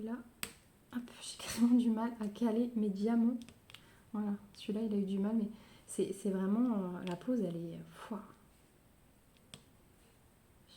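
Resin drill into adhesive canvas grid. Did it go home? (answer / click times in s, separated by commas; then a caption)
yes / 9.4 s, 9.5 s. Small resin diamond drills are placed onto an adhesive diamond-painting canvas grid, each drill snapping into place. Someone talks for most of the clip, then after a quiet stretch two small clicks are heard at 9.4 and 9.5 seconds as drills seat into the canvas.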